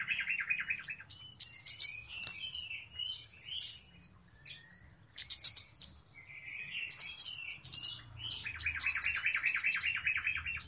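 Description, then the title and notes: Flowerpecker song: high sharp chips and short buzzy trills in uneven bursts, with a low soft rumble underneath in places. Clear song used as a lure for trapping birds; Indonesian names cabe-cabean or kemade. "Kicau Burung Kemade ( Cabe Cabean) Jernih. Suara Burung Cabe Cabean Pikat"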